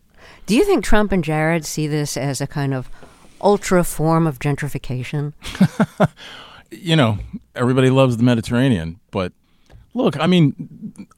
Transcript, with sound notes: Do you think Trump and Jared see this as a kind of ultra form of gentrification?
(Laughter) You know, everybody loves the Mediterranean. But look, I mean,